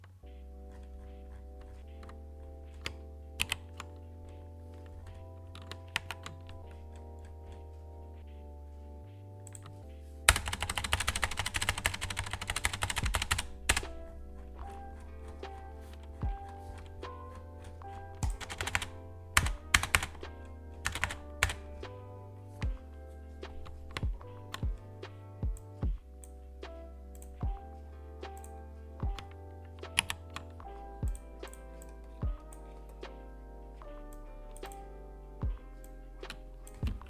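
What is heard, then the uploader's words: Keyboard typing while homework gets done, with irregular key clicks and occasional louder clacks scattered throughout. A steady low hum with shifting tones runs underneath the whole time. From about 10 to 13 seconds, a dense burst of fast, rattling typing briefly fills everything. Keyboard sounds of me doing my homework. Keyboard from battletron, black switch + rgb. Mic : fifine k669b.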